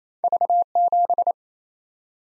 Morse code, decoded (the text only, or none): V7